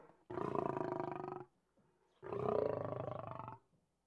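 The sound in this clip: Lion growls twice, each a long, rasping rumble of about a second, the second one louder, with a short quiet gap between them.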